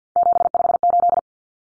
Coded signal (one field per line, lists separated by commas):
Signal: Morse code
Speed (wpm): 49 wpm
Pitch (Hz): 700 Hz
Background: none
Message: 758